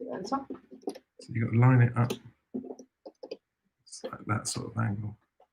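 Someone talks while a LEGO brick game cartridge is angled and lined up with the cartridge slot of a brick-built NES console, with a few light handling clicks between about 2.6 and 3.3 seconds. The cartridge has not been pushed home, and nothing has seated or clicked into place yet.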